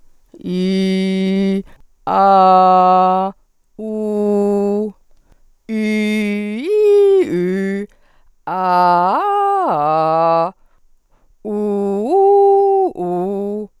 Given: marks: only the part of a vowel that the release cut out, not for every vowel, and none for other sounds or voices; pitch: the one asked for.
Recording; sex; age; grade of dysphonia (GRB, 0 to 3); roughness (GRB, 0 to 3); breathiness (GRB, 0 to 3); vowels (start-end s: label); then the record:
sustained vowels; female; 40 to 49 years; 2; 0; 0
0.51-1.54 s: vowel /i/, low pitch
2.15-3.24 s: vowel /a/, low pitch
3.85-4.82 s: vowel /u/, low pitch
5.78-7.74 s: vowel /i/, low-high-low pitch
8.62-10.41 s: vowel /a/, low-high-low pitch
11.52-13.57 s: vowel /u/, low-high-low pitch
From the record:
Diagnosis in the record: functional dysphonia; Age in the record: 46 years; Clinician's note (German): Enge Artikulation